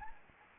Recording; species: mosquito wingbeat signal from an infrared sensor; Anopheles gambiae